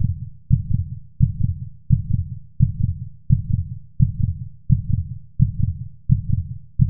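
Low, dull paired thumps repeat steadily at about 86 beats a minute in an adult, each a clear lub-dub with a short quiet gap before the next. The rhythm is regular. This is an ordinary heartbeat with both heart sounds plainly audible.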